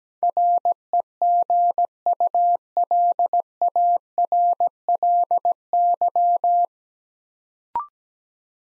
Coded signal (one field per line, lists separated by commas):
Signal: Morse code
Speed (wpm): 17 wpm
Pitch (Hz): 700 Hz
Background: none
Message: REGULARLY